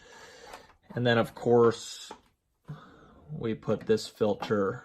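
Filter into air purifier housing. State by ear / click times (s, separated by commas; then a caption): not seated / none. Someone talks while handling a filter to put it back into the housing of a Coway AP-1512HH Mighty air purifier. The filter has not seated or clicked into place yet by the end of the clip.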